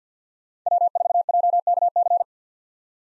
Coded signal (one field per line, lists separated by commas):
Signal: Morse code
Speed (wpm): 50 wpm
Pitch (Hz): 700 Hz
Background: none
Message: W4JKC